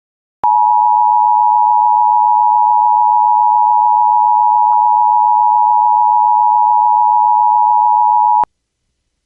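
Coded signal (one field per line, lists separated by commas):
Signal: Emergency Alert System (SAME) tones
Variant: 853 and 960 Hz attention tone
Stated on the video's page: Compilation of real civil, non-weather EAS alerts.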